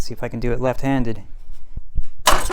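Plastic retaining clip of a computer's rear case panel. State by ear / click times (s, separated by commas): released / 2.3 s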